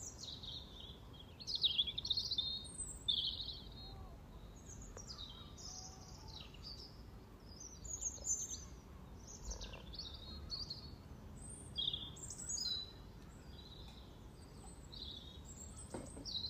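A spring pond chorus of frogs gives off many high, chirping calls that overlap continuously. The calling swells around two, eight and twelve seconds, and a steady low rumble of outdoor noise runs beneath it the whole time.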